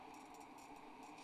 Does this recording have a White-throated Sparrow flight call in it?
no